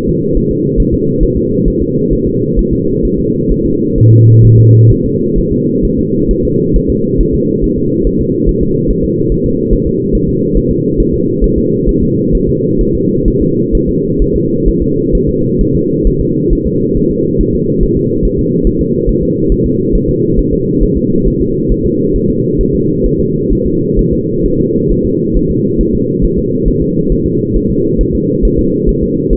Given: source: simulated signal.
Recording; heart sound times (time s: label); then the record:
fetal heart sounds
0.09 s: S2
0.37 s: S1
0.51 s: S2
0.80 s: S1
0.94 s: S2
1.23 s: S1
1.37 s: S2
1.68 s: S1
1.82 s: S2
2.13 s: S1
2.27 s: S2
2.59 s: S1
2.73 s: S2
3.05 s: S1
3.19 s: S2
3.52 s: S1
3.65 s: S2
3.98 s: S1
4.12 s: S2
4.45 s: S1
4.59 s: S2
4.92 s: S1
5.05 s: S2
5.38 s: S1
5.52 s: S2
5.85 s: S1
5.99 s: S2
6.31 s: S1
6.45 s: S2
6.76 s: S1
6.90 s: S2
7.21 s: S1
7.34 s: S2
7.64 s: S1
7.78 s: S2
8.07 s: S1
8.21 s: S2
8.49 s: S1
8.63 s: S2
8.91 s: S1
9.04 s: S2
9.32 s: S1
9.46 s: S2
9.73 s: S1
9.87 s: S2
10.15 s: S1
10.29 s: S2
10.57 s: S1
10.71 s: S2
11.00 s: S1
11.14 s: S2
11.44 s: S1
11.58 s: S2
11.89 s: S1
12.03 s: S2
12.35 s: S1
12.49 s: S2
12.81 s: S1
12.95 s: S2
13.28 s: S1
13.42 s: S2
13.75 s: S1
13.89 s: S2
14.22 s: S1
14.36 s: S2
14.68 s: S1
14.82 s: S2
15.15 s: S1
15.29 s: S2
15.61 s: S1
15.75 s: S2
16.07 s: S1
16.21 s: S2
16.53 s: S1
16.67 s: S2
16.97 s: S1
17.11 s: S2
17.41 s: S1
17.55 s: S2
17.83 s: S1
17.97 s: S2
18.25 s: S1
18.39 s: S2
18.67 s: S1
18.81 s: S2
19.09 s: S1
19.23 s: S2
19.52 s: S1
19.66 s: S2
19.95 s: S1
20.09 s: S2
20.39 s: S1
20.53 s: S2
20.83 s: S1
20.97 s: S2
21.28 s: S1
21.41 s: S2
21.72 s: S1
21.86 s: S2
22.16 s: S1
22.30 s: S2
22.61 s: S1
22.75 s: S2
23.06 s: S1
23.20 s: S2
23.53 s: S1
23.67 s: S2
23.99 s: S1
24.13 s: S2
24.46 s: S1
24.60 s: S2
24.92 s: S1
25.05 s: S2
25.37 s: S1
25.51 s: S2
25.81 s: S1
25.95 s: S2
26.25 s: S1
26.38 s: S2
26.68 s: S1
26.82 s: S2
27.12 s: S1
27.26 s: S2
27.57 s: S1
27.70 s: S2
28.01 s: S1
28.15 s: S2
28.45 s: S1
28.59 s: S2
28.89 s: S1
29.03 s: S2
29.33 s: S1
From the record:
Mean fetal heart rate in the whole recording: 135 bpm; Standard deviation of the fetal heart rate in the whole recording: 3 bpm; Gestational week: 36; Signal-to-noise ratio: -11.2 dB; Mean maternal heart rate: 72 bpm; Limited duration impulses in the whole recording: present